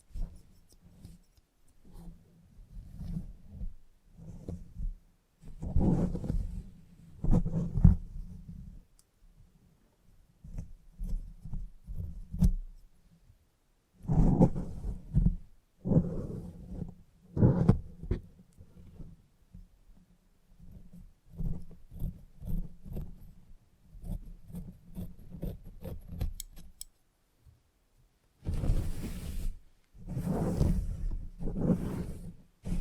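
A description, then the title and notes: A salon haircut with head massage: uneven, rubbing and brushing sounds in the low range come in short bursts, with pauses around 13 and 27 seconds. A few sharp snips appear, and near the end loud bright hissing bursts take over. Salon Haircut Head Massage, Scissors and Clipper.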